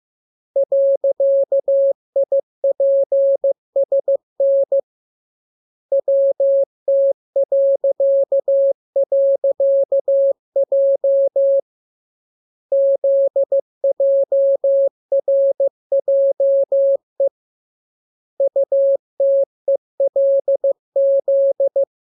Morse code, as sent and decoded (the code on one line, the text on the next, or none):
.-.-.- .. .--. ... -. / .-- - .-.-.- .-.-.- .--- / --.. .--- .-. .--- . / ..- - . .-.. --..
.IPSN WT..J ZJRJE UTELZ